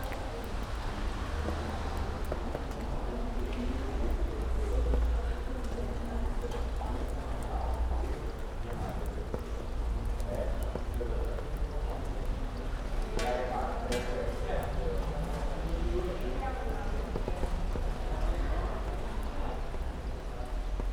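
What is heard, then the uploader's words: A field recording in Linz: steady low rumble under a dense murmur of voices, with scattered sharp clicks and taps around thirteen seconds. Alle Klänge sind von Peter Cusack in Linz 2012 aufgenommen worden. All sounds by Peter Cusack - field recordings recorded in Linz in 2012.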